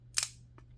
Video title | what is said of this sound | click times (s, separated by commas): Official Samsung Galaxy S23 Ultra Gadget Case Review | and it locks | 0.2 s